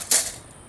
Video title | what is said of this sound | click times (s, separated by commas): Setting a Live Trap Lakewood Ranch Area Wildlife | that just a tug on that bait can makes the door fire and lock make sure that locks in place | 0.1 s